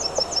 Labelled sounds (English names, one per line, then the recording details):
Yellowhammer song
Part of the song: start
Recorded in the Czech Republic on 21 April 2016
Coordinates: 49.502, 14.554
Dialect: BhBl
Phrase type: E43
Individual 15HB